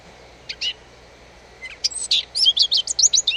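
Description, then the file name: Eurasian blackcap song: a few soft notes, then a quick, varied warble of high chirps and twitters that grows louder toward the end. "Sylvia atricapilla"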